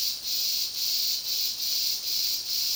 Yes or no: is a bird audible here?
no